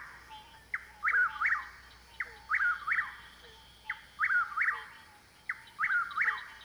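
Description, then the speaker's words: Chuck-will's-widow singing its whistled phrase four times, each a short note followed by swooping notes. Heard over a chorus of frogs. "the Chuckwill's widow, heard here over a chorus of frogs."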